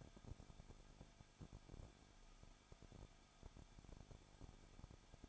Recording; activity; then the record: daily activity, microphone in the room; no activity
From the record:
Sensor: 5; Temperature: 20.9 degrees Celsius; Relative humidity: 35.1%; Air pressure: 994.6 hPa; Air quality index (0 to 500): 153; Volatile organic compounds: 2 ppm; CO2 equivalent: 1280 ppm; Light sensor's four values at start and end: 2/3/1/1 and 2/3/1/1